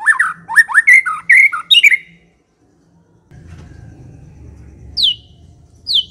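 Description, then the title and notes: White-rumped shama song: a rapid run of varied whistled and chattering notes over about two seconds, a pause with low hum, then two short high descending whistles. Long-duration lure (pikat) of white-rumped shama song, used to attract birds. "Pikat Murai Batu Durasi Panjang. Burung Murai Batu"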